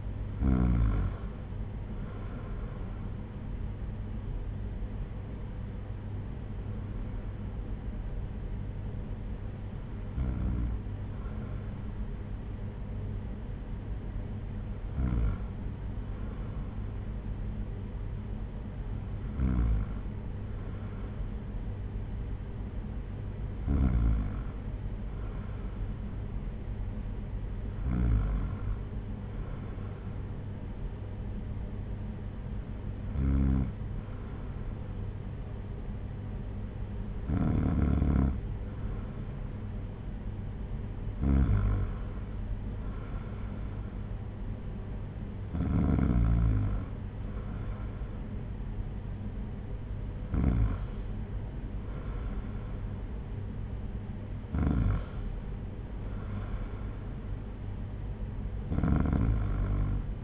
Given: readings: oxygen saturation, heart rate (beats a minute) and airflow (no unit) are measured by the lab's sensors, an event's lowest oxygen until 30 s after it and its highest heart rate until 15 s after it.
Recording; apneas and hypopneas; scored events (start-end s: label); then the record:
breathing in sleep by a smartphone at the bedside; none
none scored
From the record:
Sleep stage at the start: N2 (light sleep); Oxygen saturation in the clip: 93 to 95%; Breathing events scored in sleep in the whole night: 226 in 8.8 hours asleep